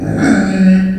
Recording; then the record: squeal of a Yucatan mini pig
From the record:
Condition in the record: after surgery on the right vocal fold (resection and tissue-engineered implant); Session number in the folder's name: 1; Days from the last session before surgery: 13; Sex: female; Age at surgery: 19 weeks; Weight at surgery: 25 kg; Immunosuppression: prednisolone